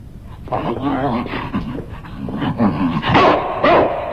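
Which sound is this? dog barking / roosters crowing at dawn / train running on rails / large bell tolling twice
dog barking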